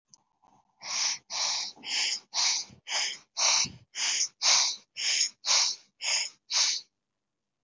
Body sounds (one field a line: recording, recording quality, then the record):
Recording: shallow breathing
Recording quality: excellent, no background noise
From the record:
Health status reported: healthy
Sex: male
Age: 33 years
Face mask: not worn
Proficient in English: yes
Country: India